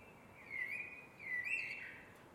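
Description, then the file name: Eurasian blackbird giving two rich, whistled warbling phrases in quick succession, with faint high chirpy notes and light background noise. "MERLES"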